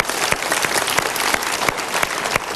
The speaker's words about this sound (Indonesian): Terima kasih. Tepuk tangan untuk pilihan Anda.